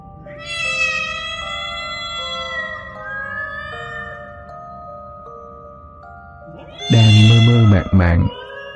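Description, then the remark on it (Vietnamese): At least three or four cats meow and yowl over each other in long, wavering, high-pitched cries, followed by a louder burst of harsher, overlapping yowls near the end. “Tiếng mèo kêu làm cho Hương giật mình.”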